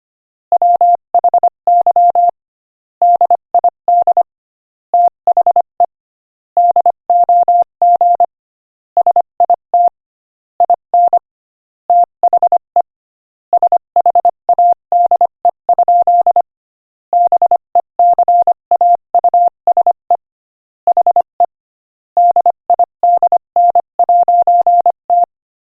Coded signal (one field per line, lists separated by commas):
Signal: Morse code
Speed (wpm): 25 wpm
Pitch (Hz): 700 Hz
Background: none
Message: WHY DID THE DOG SIT IN THE SHADE? BECAUSE HE DIDN'T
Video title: Morse Code Practice: 25 wpm Joke #3